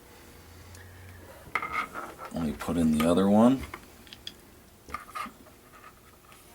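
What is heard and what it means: A drip irrigation emitter barb is pushed into a punched hole in polyethylene drip tubing with the back end of the insertion tool. It seats with a sharp click at 1.5 s and sits down tight. Someone talks, and a few smaller clicks and taps follow later.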